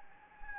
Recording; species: mosquito wingbeat signal from an infrared sensor; Anopheles gambiae